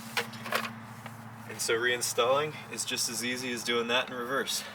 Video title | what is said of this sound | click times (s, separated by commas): Change of Plans? M3 Update + Bonus Drive - Project Disrespected M3 Ep.5 | And then this is just a friction fit plug that'll pop right out. | 0.2 s